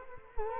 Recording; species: mosquito wingbeat signal from an infrared sensor; Culex quinquefasciatus